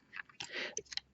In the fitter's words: That actually snaps into place quite nicely.